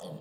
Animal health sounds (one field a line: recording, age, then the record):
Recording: pig call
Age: piglet (1 to 25 days)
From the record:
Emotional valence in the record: negative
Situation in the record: long isolation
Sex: male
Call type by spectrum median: low-frequency call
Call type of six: low-frequency modulated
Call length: 0.21 s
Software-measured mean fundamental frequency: 58 Hz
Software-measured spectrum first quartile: 247 Hz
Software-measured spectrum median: 535 Hz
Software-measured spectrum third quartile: 1284 Hz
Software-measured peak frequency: 171 Hz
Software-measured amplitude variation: 111 dB a second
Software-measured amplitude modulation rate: 26.4 a second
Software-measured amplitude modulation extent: 4.2 dB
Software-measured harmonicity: 2.6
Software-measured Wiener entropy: -1.20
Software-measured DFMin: 809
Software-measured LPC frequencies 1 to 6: 545, 3272, 4505, 6240, 7142, 8007 Hz